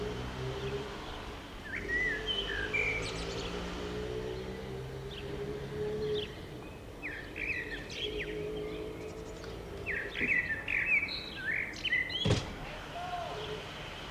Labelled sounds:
Common Blackbird song

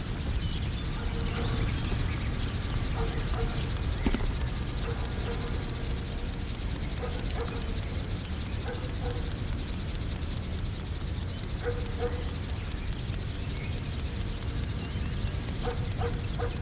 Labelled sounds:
Upland Field Grasshopper stridulation

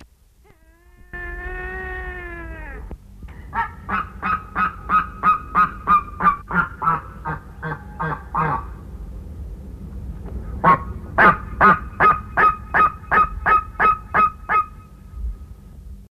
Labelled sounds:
White-tailed Eagle call

